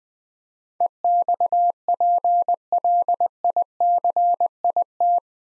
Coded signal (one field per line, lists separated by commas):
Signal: Morse code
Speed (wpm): 20 wpm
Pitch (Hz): 700 Hz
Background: none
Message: EXPLICIT